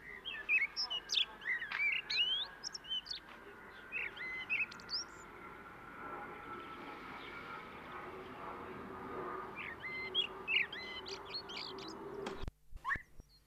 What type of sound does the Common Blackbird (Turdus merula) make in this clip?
song